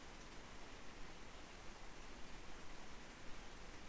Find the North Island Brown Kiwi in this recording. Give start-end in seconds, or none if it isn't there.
none